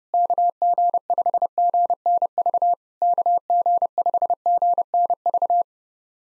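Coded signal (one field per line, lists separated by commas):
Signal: Morse code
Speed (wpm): 30 wpm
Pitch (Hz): 700 Hz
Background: none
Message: KG5GNV KG5GNV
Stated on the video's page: Computer-generated 30 wpm Morse practice of SOTA QSO exchanges, each sent in Morse, then spoken, then sent again.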